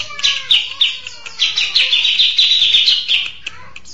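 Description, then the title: Mixed birds, quick bright chirps over thin descending whistles, building into a dense stretch of high trilling before easing off. "Burung Campur2"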